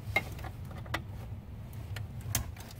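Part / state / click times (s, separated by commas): harness plug into body control module socket / seated / 0.2 s, 2.4 s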